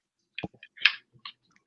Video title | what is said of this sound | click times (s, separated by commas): Back-to-Learning Bonanza - Rocketbook LIVE | for a moment a moment of quietness just so we can feel the satisfying click of the magnets in the orbit | 0.9 s